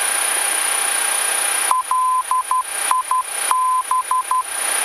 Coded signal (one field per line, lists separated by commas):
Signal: Morse code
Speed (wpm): 12 wpm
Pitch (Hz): 1020 Hz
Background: radio noise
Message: LIB